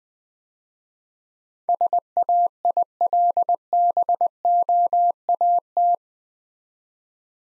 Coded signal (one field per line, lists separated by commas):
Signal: Morse code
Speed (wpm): 22 wpm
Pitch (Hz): 700 Hz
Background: none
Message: SAILBOAT